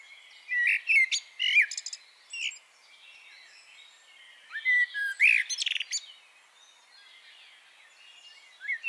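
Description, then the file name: Eurasian blackbird song with two or three separated phrases, each a low mellow warble ending in a sharp, squeaky high twitter, with pauses of a few seconds. "Turdus merula"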